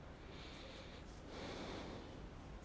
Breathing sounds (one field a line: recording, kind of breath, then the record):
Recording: one breath in and out by a microphone near the nose and mouth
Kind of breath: normal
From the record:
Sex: male